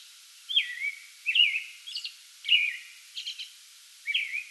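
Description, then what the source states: American robin singing liquid, slurred whistled phrases, with a few higher, scratchier squeaks between them. Pre-dawn song bout recorded on 8 May 2022.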